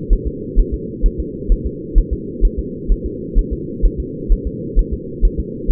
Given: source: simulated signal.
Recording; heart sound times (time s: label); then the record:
fetal heart sounds
0.13 s: S1
0.27 s: S2
0.59 s: S1
0.74 s: S2
1.06 s: S1
1.20 s: S2
1.52 s: S1
1.66 s: S2
1.98 s: S1
2.13 s: S2
2.45 s: S1
2.59 s: S2
2.92 s: S1
3.06 s: S2
3.38 s: S1
3.53 s: S2
3.85 s: S1
4.00 s: S2
4.32 s: S1
4.47 s: S2
4.79 s: S1
4.93 s: S2
5.25 s: S1
5.40 s: S2
5.71 s: S1
From the record:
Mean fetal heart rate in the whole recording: 130 bpm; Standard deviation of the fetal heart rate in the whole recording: 2 bpm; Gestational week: 38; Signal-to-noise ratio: -4.1 dB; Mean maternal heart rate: no maternal heart sound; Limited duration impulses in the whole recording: absent